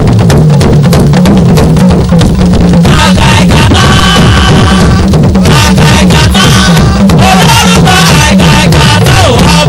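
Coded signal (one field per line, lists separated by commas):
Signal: talking drum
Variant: Yoruba dundun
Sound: busy drumming with rapid strokes and gliding low pitches, like speech tones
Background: drum ensemble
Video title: Oriki Olorun Akiikitan on Talking Drums with Drumsvoice of Jesus @ Baptist Night Of Wonders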